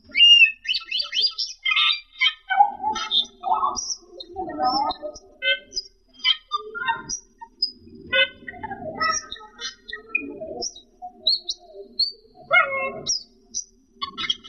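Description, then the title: Asian glossy starling song: a continuous jumble of squawky chatters, sharp clicks and short high whistles. "Suara Burung Cucak keling"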